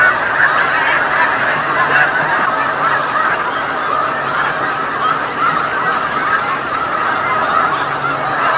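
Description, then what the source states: Snow Goose: many snow geese honking together, an unbroken, evenly loud chorus of barking calls. Snow geese calling on Lake Champlain, November 2018.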